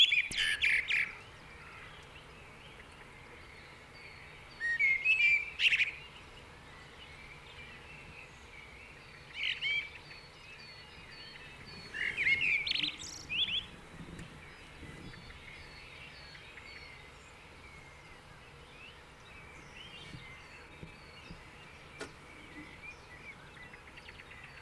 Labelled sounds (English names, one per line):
Common Blackbird song